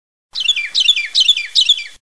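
Wren calling with a rapid series of four sharp, descending chattering phrases over about one and a half seconds, with no other sounds.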